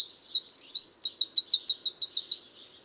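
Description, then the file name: Eurasian Wren song fragment: piercing high notes leading into a fast, even rattling trill that fades out after about two and a half seconds. "Troglodytes troglodytes"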